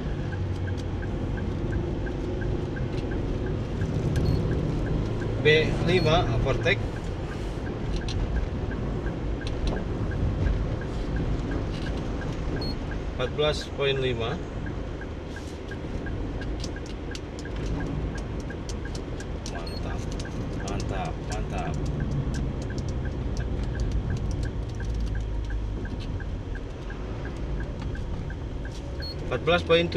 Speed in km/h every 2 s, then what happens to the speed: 49, 50, 51, 52, 53, 53, 51, 49, 44, 41, 40, 38, 37, 34, 34.
0-11 steady at about 51. 11-30 slows to 34.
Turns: none.